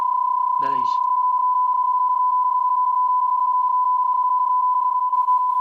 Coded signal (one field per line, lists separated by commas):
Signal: PSK31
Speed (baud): 31.25 baud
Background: speech